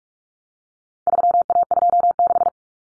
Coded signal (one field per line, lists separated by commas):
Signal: Morse code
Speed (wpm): 44 wpm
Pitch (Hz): 700 Hz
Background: none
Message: 3A26